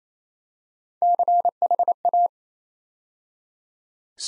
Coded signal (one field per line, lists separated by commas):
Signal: Morse code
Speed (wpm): 29 wpm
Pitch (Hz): 700 Hz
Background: none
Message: CHA